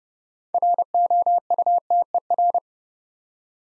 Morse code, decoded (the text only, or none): ROUTER